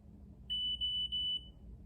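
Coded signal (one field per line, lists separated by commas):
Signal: beep code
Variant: iCare HOME tonometer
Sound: three quick high-pitched electronic beeps run almost together, about 3 kHz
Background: low room rumble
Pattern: 3 short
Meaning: Too far away: the device's cheek or forehead support is set too high, so move it closer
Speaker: and that said too far so we'll get a little close bp beep is too far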